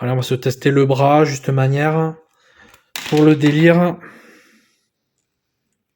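A plastic arm is handled at the shoulder socket of a plastic action figure, being swapped on to test it, while someone talks. Only faint handling noises follow, and nothing has seated or clicked yet.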